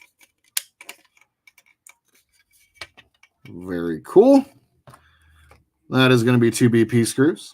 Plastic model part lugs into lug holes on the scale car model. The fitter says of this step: so let's get that clicked into place